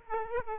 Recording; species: mosquito wingbeat signal from an infrared sensor; Aedes aegypti